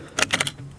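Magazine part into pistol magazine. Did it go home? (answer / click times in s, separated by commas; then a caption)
yes / 0.2 s, 0.4 s, 0.5 s. A part of a brand-new Ruger 57 pistol's magazine is pressed back into the magazine, giving sharp, bright clicks at 0.2, 0.4 and 0.5 seconds over a quiet background. The part seats in place.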